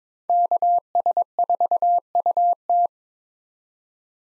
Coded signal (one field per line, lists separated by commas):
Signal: Morse code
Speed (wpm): 22 wpm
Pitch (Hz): 700 Hz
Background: none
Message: KS4UT